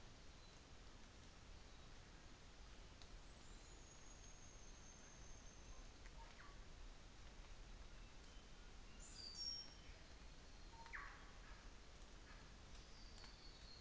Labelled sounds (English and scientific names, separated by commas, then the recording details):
New Zealand Fantail (Rhipidura fuliginosa)
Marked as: faintness 3/5
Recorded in New Zealand on 24 December 2018
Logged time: 11:00